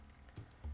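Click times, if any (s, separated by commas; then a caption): none. Someone presses the back hinge of a plastic Transformers Siege Apeface figure downward into the body to lock it into gorilla mode. Only a faint tap and a couple of dull low bumps are heard against quiet background noise. The hinge does not go into place well, and nothing has seated or clicked yet.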